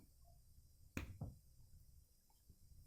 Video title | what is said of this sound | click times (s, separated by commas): REVIEW CÁPSULAS SURPRESAS MY MINI BABY ZURU TOYS!!! SERÁ QUE VALEM A PENA? | agora encaixa o outro lado aqui, também até ouvir o clique. | 1.0 s